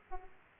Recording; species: mosquito wingbeat signal from an infrared sensor; Aedes aegypti